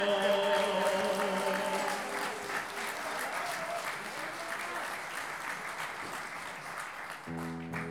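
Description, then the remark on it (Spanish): Diners at a payador verse duel applaud steadily for several seconds, a dense, even patter of many hands. A sustained musical tone fades out under the applause at the start, and a brief chord sounds at the end. “A todos los comensales, a todos los comensales, aplaudiendo los escucho.”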